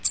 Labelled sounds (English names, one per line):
American Redstart flight call